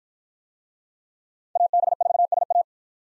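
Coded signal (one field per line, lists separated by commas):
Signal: Morse code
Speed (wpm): 53 wpm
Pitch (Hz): 700 Hz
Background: none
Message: AB4SA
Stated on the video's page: USA call sign drill in speed-racing format, starting at 35 wpm and slowing to a base speed, with a final repeat at maximum speed.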